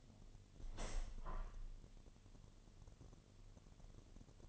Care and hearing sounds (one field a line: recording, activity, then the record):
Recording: daily activity, microphone in the room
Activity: open window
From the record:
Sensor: 4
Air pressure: 1007.3 hPa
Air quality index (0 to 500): 191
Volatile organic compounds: 6 ppm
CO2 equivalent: 1902 ppm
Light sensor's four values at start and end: 23/73/28/27 and 23/73/28/27